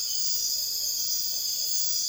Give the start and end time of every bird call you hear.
0.47s-2.08s: bird call

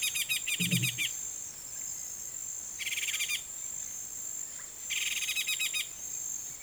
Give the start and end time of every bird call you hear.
0.00s-1.22s: bird call
2.67s-3.54s: bird call
4.82s-5.87s: bird call

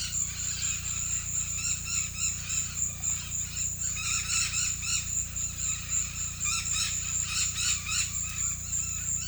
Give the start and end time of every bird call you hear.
0.00s-9.27s: bird call

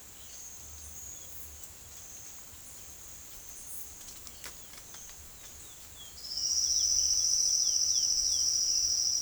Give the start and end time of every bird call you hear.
0.00s-0.77s: bird call
4.01s-9.21s: bird call

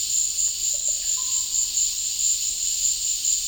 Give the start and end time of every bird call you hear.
0.47s-1.80s: bird call

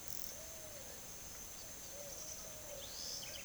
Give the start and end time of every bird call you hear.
0.20s-3.45s: bird call

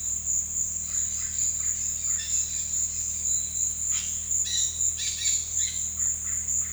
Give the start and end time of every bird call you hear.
0.68s-2.72s: bird call
3.82s-6.73s: bird call

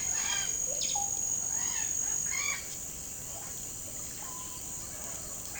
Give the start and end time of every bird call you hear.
0.00s-2.71s: bird call

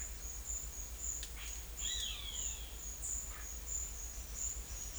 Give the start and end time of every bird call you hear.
1.74s-2.73s: bird call

